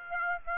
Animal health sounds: mosquito wingbeat signal from an infrared sensor; Aedes aegypti

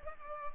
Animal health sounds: mosquito wingbeat signal from an infrared sensor; Culex pipiens

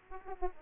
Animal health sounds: mosquito wingbeat signal from an infrared sensor; Aedes aegypti

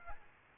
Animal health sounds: mosquito wingbeat signal from an infrared sensor; Aedes aegypti

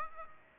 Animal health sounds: mosquito wingbeat signal from an infrared sensor; Aedes aegypti

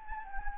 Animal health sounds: mosquito wingbeat signal from an infrared sensor; Anopheles gambiae

